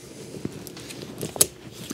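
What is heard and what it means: A rigid lower anchor connector on a rear-facing Diono Radian 3RXT SafePlus car seat is hooked onto the vehicle's metal anchor bar. After a few faint knocks and scrapes, a sharp click at 1.4 s marks the connector seating on the bar with no problem. No one talks during the clip.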